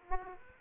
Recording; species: mosquito wingbeat signal from an infrared sensor; Aedes aegypti